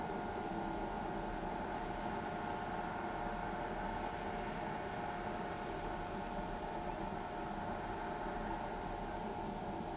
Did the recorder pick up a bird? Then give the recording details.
no. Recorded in pastures near Pivijay, Magdalena, Colombia, on 18 April 2023 at 19:30. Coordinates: 10.456, -74.369. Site P6-G026